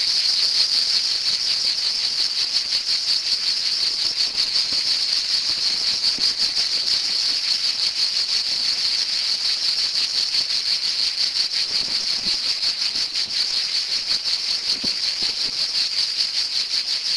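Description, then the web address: Cicada singing a steady high-pitched buzz, rapidly throbbing and unbroken throughout. "son cigales"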